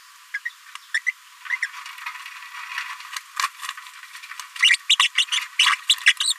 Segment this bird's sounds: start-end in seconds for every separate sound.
0.34-0.39, 0.45-0.49, 0.94-0.99, 1.06-1.11, 1.62-1.67, 4.62-4.76, 4.89-4.95, 4.99-5.08, 5.18-5.25, 5.59-5.66, 5.89-5.94, 6.06-6.12, 6.20-6.33